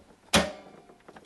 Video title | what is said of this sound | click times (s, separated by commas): Unboxing HP Deskjet 2734e | and then press press this until you get you you hear a click sound | 0.3 s